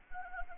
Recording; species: mosquito wingbeat signal from an infrared sensor; Anopheles gambiae